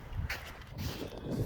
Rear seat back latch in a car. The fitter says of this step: And now this will release the clip on the back side, and you can lower both portions.